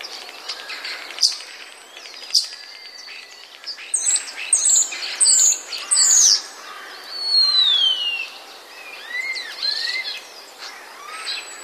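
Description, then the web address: Common Starling song, a varied medley of clicks, sharp chirps and a long whistled note falling steeply around eight seconds, with loud rattling bursts between. "wroblowe ptaki sturnus vulgaris. wroblowe ptaki szpak"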